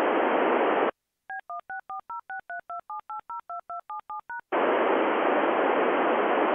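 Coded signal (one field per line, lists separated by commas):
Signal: DTMF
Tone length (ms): 120 ms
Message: B16406327802277#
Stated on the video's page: DTMF APRStt and packet downlink from the NO-104 (PSAT-2) satellite, with its digitalker.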